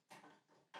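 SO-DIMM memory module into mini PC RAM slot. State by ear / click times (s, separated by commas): not seated / none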